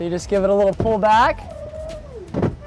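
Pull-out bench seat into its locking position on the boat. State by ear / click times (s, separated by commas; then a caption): seated / 2.4 s. Someone talks while the pull-out bench seat on a 2024 Supra SV boat is given a little pull back into its locking position. A short, sharp latch sound at 2.4 s marks the seat locking into place.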